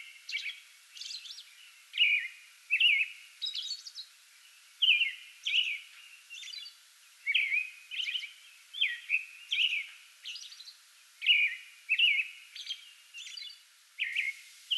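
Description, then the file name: American robin song, a busy sequence of fluty rising and falling phrases with thin high notes interspersed, continuing throughout. Singing before dawn from a small tree in a front yard, 8 May 2022. "2022-05-08 American Robin pre-dawn singing from small tree in front yard"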